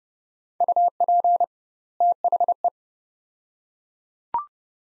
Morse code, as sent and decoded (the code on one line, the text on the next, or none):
..- .--. / - .... .
UP THE